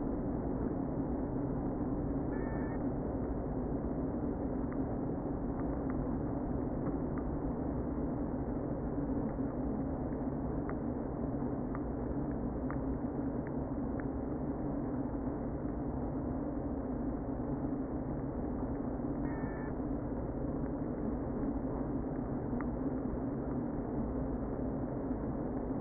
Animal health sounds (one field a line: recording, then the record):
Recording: honeybee colony, microphone inside the hive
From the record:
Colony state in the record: queen present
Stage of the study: before two queens were removed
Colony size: about 60,000 bees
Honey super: yes